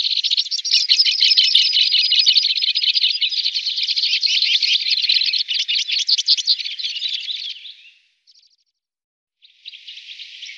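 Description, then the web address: Two-barred crossbill delivering a continuous buzzy, rattling trill for about eight seconds, fading out, then starting again after a brief silence. "Faglar Sound Bandelkorsnabb"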